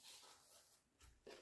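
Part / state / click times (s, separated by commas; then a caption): keyboard clipping onto a tablet case / not seated / none. A tablet keyboard is being handled to clip onto its case while school supplies are unboxed. Soft broadband handling and rustling noise is heard, with a low thump around 1.0 s and a brighter burst near 1.3 s. Nothing has seated or clicked yet.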